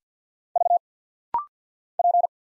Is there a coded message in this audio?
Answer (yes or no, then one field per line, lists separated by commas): yes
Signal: Morse code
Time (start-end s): 0.6-2.3 s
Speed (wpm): 50 wpm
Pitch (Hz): 700 Hz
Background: none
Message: V P